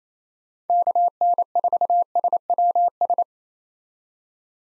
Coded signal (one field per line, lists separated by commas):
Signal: Morse code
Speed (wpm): 28 wpm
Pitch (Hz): 700 Hz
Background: none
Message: KN4SWS